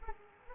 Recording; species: mosquito wingbeat signal from an infrared sensor; Culex pipiens